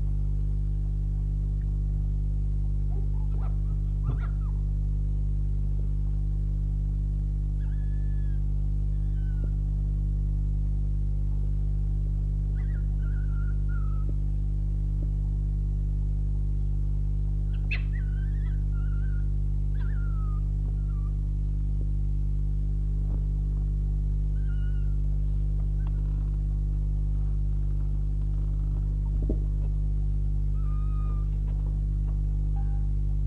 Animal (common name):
Red Fox